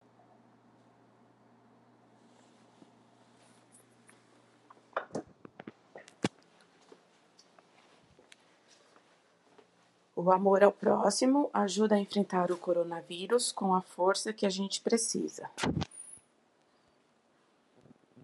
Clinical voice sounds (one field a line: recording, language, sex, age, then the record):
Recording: spoken sentence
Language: Brazilian Portuguese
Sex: female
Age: 40 to 49 years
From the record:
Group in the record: control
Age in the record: 45 years